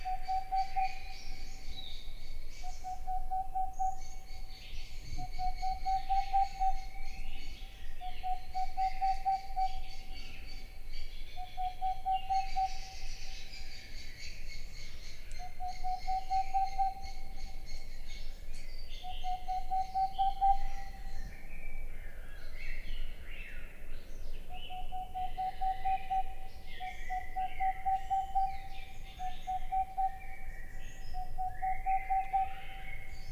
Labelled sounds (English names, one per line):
Boreal Owl